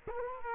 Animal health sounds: mosquito wingbeat signal from an infrared sensor; Culex quinquefasciatus

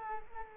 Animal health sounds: mosquito wingbeat signal from an infrared sensor; Culex quinquefasciatus

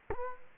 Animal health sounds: mosquito wingbeat signal from an infrared sensor; Culex quinquefasciatus

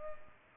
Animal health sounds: mosquito wingbeat signal from an infrared sensor; Culex pipiens

